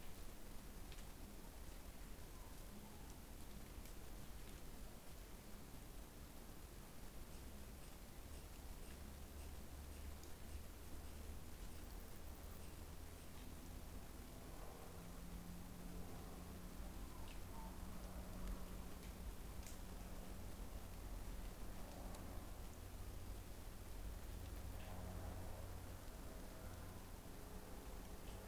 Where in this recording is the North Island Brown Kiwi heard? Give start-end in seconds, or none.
none